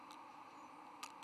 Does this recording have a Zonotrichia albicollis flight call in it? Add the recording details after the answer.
no. No flight call is heard. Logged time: 22:03 on 13 November 2014